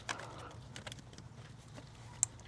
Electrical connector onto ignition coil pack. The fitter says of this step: There it clicks, and then I shove the little red clip back down to lock it in.